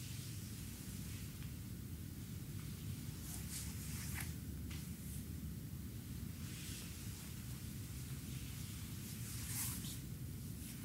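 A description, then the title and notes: Hot-oil massage with a steady low rumble underneath and soft, slick rubbing swishes coming every few seconds, strongest near the end. ASMR full body massage with hot oil by Olga. New video is a hot traditional japanese massage.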